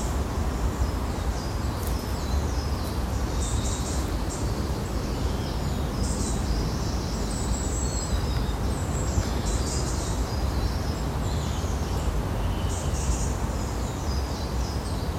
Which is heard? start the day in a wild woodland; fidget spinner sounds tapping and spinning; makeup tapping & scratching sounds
start the day in a wild woodland